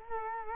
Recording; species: mosquito wingbeat signal from an infrared sensor; Culex quinquefasciatus